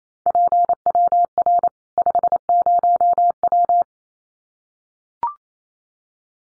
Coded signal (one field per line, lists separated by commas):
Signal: Morse code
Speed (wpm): 28 wpm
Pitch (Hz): 700 Hz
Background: none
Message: PWR 50W